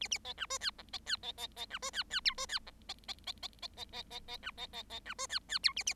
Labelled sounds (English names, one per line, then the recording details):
Bengalese Finch song
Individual Bird7